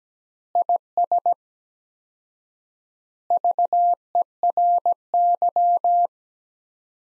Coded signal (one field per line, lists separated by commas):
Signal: Morse code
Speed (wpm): 17 wpm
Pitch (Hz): 700 Hz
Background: none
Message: IS VERY